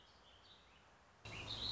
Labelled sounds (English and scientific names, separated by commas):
Warbling Vireo (Vireo gilvus)